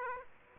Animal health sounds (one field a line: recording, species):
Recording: mosquito wingbeat signal from an infrared sensor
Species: Aedes aegypti